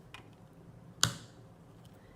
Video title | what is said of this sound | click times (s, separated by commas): How to use the Thermoglide Thermocoagulator from MobilODT | you must hear a click to know that it's actually properly inserted | 1.0 s